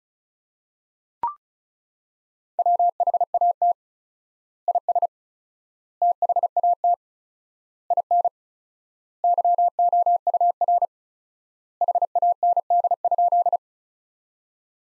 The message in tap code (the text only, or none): none